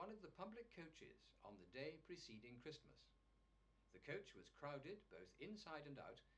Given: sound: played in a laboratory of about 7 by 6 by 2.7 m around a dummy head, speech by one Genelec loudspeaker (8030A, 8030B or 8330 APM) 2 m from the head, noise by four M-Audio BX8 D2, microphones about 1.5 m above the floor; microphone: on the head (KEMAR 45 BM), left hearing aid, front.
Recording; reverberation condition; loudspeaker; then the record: male speech in English; low; 60 degrees to the left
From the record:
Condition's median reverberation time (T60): about 310 ms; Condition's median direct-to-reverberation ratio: about 3.5 dB